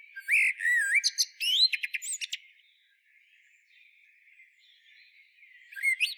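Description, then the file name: Eurasian blackbird song: a low fluted warble that slides up and down, ending in a burst of thin, high squeaky twitters, then a pause before another phrase begins. "Turdus merula"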